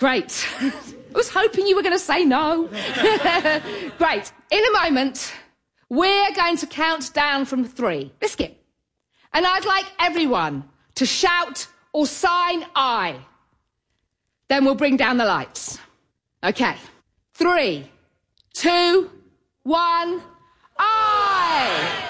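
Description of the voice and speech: A woman gives an audience instructions for a countdown and abruptly interjects the out-of-context word "biscuit", an involuntary vocal tic of Tourette syndrome.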